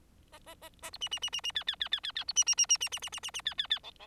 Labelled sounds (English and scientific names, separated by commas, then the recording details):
Bengalese Finch (Lonchura striata domestica) song
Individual Bird4